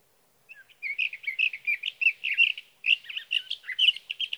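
Sage thrasher song, a rapid stream of warbled and whistled notes with one short break.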